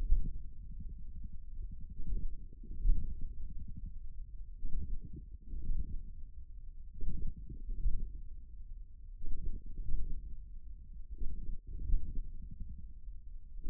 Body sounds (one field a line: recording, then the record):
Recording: forearm muscle sounds (acoustic myography)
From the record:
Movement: hand closing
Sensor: system 1, eight BSWA MPA416 microphones around the upper forearm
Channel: 8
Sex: male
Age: 41 years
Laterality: right